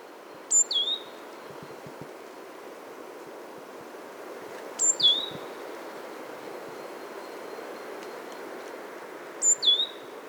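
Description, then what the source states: Coal tit repeating a brief high two-note song phrase three times, spaced several seconds apart, with quiet hiss between the phrases. Displaying male in full song beside a remote forest lake at Kulaträsk, Värmdö, Sweden, late February at the end of winter.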